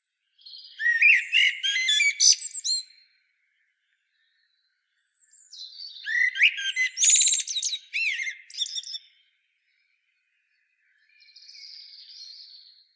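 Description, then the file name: Common blackbird giving two long phrases of warbled whistles ending in high scratchy twitters, separated by several seconds of silence, then a faint thin squeaky note. "Turdus merula"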